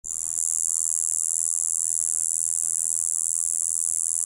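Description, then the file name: Cicada buzzing: a steady, shrill, very high drone that switches on at the start and holds unbroken throughout. "coyuyito"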